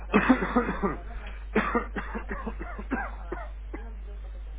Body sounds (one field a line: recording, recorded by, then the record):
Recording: voluntary cough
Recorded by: telephone call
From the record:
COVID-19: negative